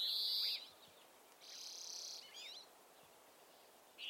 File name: Chloris chloris